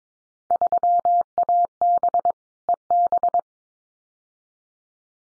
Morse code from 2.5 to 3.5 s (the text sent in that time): EB